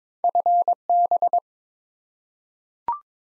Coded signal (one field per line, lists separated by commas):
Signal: Morse code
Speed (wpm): 21 wpm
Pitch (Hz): 700 Hz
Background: none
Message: FB